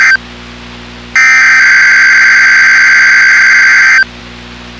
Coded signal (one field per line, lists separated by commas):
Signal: Emergency Alert System (SAME) tones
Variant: header bursts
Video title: YOU SUCK WIFI | 5/18/22 - KIH28 Required Weekly Test (EAS #476)